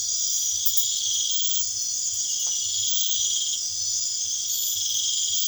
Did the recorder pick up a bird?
no